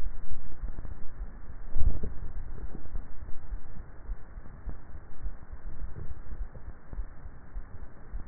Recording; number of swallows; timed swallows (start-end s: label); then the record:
swallowing sounds by neck microphone; 2
1.58-2.65 s: swallow
5.55-6.32 s: swallow
From the record:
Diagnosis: dysphagia